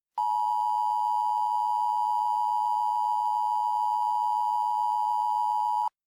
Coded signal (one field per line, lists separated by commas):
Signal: Emergency Alert System (SAME) tones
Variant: 853 and 960 Hz attention tone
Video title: EAS Mock 13: Uprising